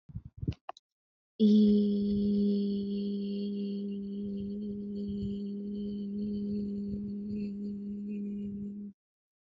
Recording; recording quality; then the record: sustained vowel as in beet; excellent, no background noise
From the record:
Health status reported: healthy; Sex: female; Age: 22 years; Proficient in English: yes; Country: India